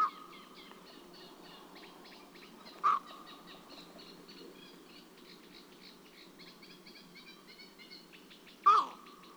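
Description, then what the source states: Eurasian bittern flight calls: three short, croaking barks spaced several seconds apart, heard over a continuous chorus of thin chirps from other birds. Flight calls of two individuals.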